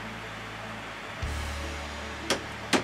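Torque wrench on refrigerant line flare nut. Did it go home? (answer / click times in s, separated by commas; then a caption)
yes / 2.3 s, 2.7 s. A torque wrench tightens the brass flare nut on a mini split refrigerant line until it clicks at its setting, the signal that the nut is done. Over a steady low hum, with a louder low rumble starting near 1.2 s, two sharp clicks are heard at 2.3 s and 2.7 s. The nut has reached its set torque.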